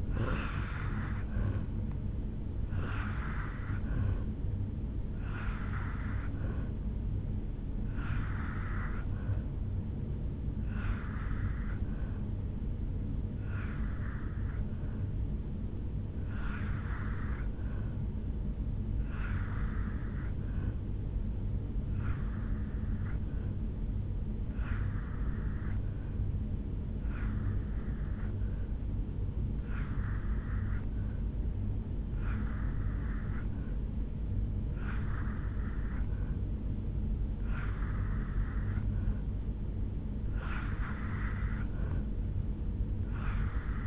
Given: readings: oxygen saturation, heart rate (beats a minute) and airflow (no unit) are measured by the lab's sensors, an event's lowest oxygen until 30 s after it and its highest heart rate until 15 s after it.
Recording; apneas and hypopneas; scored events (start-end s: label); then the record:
breathing in sleep by a smartphone at the bedside; 1
15.00-38.20 s: hypopnea (N2, oxygen 88% highest, then 84% lowest, heart rate 71 at the start, 77 highest)
29.00-43.87 s: new sleep stage, N3 (deep sleep)
From the record:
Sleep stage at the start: N2 (light sleep); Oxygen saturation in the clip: 85 to 88%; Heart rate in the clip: 71 to 76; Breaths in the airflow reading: 16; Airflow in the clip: -3.3 to 1.5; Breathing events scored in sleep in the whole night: 449 in 7.0 hours asleep